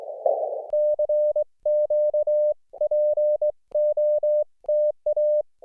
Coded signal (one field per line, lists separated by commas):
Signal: Morse code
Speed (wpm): 22 wpm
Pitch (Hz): 600 Hz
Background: none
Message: E CQ POTA